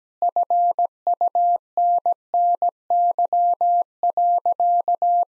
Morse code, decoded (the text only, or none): FUNNY.